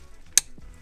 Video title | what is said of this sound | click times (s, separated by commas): Best Method to Add Remote Start - DIY Detailed Install - N2 Designs 2010-2019 OEM Key and Phone App | there we go satisfying click | 0.4 s